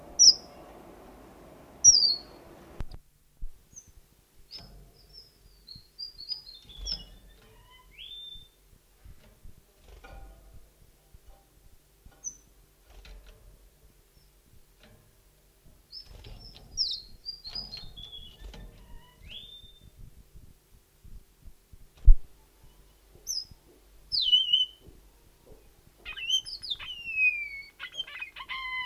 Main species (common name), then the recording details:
Red Avadavat. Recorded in captivity. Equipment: Halbspur 19 cm. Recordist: Lütgens, Hans. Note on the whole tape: Rufe